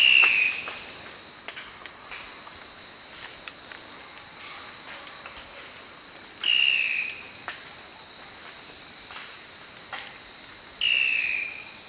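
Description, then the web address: Double-banded pygmy tyrant giving short, sharp, slightly down-slurred call notes, three spaced several seconds apart, over a steady high insect chorus. Calls recorded in South America, in the eastern lowlands. "Natures Songs S America Eastern Lowlands. Lophotriccus vitiosus, calls"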